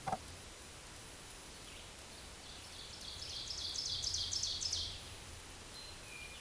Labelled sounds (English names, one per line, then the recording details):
Ovenbird song
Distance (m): 30 m
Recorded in a Pennsylvania forest on 17 May 2023 at 13:15
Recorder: AudioMoth, point grid1_30_low
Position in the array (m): 155 m, 77 m